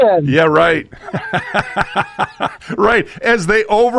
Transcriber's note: laughs